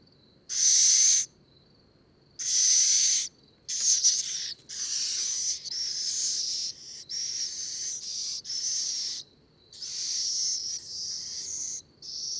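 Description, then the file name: Little owl repeating loud, breathy hissing screeches roughly every one to two seconds, some broken and uneven, with a thin continuous high tone between them. "Steenuil Athene noctua"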